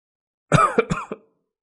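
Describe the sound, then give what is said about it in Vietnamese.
A short, harsh fit of coughing up blood: three or four raspy bursts in quick succession, fairly loud, then silence. No one speaks. “Diệp Hàm lễ ho ra máu”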